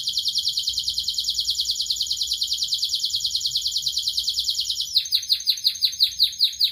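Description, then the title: Canary delivering a sustained fast trill, then switching to a string of rapid descending slurred notes, over faint low background hum. Canary singing persistently with a rich, varied song. "Kenari Gacor Cengkok Terbaik Isian Paling Mewah"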